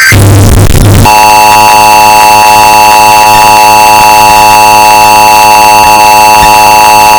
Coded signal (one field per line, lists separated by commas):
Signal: Emergency Alert System (SAME) tones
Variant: 853 and 960 Hz attention tone